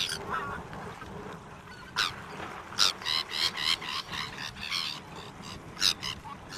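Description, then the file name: Sabine's gull giving harsh, grating calls, scattered singly, then in a quick run of short rasping notes, then singly again, over steady background hiss. "Canto da gaivota de sabine"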